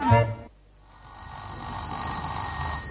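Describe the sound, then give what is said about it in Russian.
A telephone rings with a steady, continuous bright metallic trill that starts after a short musical tone and a brief pause, holding at an even, fairly loud level to the end; the call is from the telephone exchange checking the line. “С вами говорят с телефонной станции. Ваш телефон работает нормально?”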